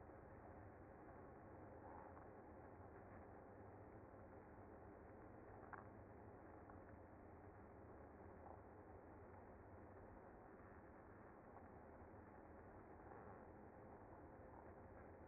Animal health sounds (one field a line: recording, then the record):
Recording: honeybee colony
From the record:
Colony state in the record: active